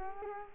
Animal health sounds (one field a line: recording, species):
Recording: mosquito wingbeat signal from an infrared sensor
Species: Culex quinquefasciatus